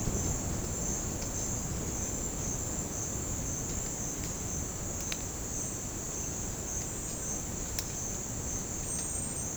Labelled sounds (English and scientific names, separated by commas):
none